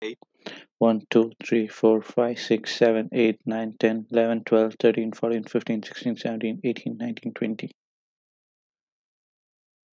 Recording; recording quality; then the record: counting at a fast pace; excellent, no background noise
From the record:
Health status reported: healthy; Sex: male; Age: 25 years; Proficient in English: yes